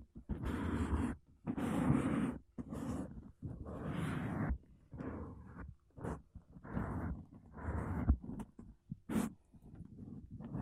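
Makeup brushes and a sponge sweep across a microphone in a run of soft, airy strokes, each lasting from a fraction of a second to about a second, with brief silences between. The strokes are mostly low and rustling, some brighter and scratchier, and the pace stays uneven throughout.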